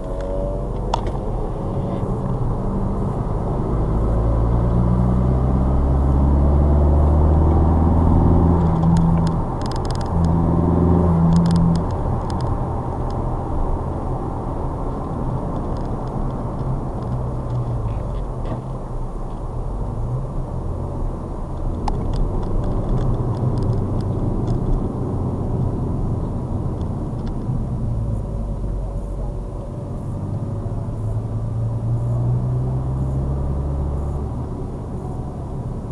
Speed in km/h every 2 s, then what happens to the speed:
50, 48, 61, 74, 84, 84, 87, 84, 71, 60, 53, 48, 44, 35, 26, 26, 29, 32.
2-13 speeds up to 87. 13-28 brakes to 26. 28-36 speeds up to 32.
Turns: none.